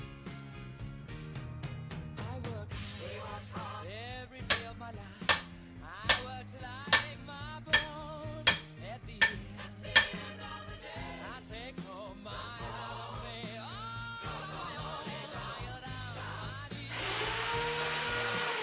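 Music plays throughout with a steady low bass line and tonal melodic lines above. From about 4 to 10 seconds, sharp metallic strikes land at a regular pace, roughly one per second. Toward the end, a harsh hissing whir rises and holds.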